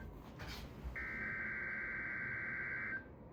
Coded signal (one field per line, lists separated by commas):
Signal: Emergency Alert System (SAME) tones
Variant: header bursts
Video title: Required Weekly Test (EAS #8)